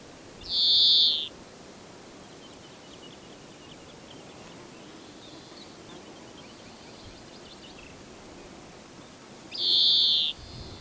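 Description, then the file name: European greenfinch making two short, high wheezing notes about nine seconds apart, with faint sounds in between. "Chloris chloris"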